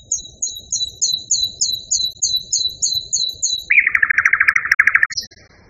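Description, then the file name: Nightingale song, a rapid series of high sharp notes, then a loud harsh rattling trill and a brief high whistle. Song variation 5. "kicauan-nightingale-b-variasi 5-omkicau"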